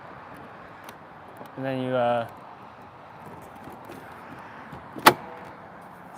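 A hinged cover latch on a vehicle is closed and clamped down while someone talks, with a brief humming or whirring tone around 1.6–2.3 seconds. One sharp snap is heard at 5.1 seconds as the latch engages and the cover seats closed. Afterward it is locked with a key and does not move.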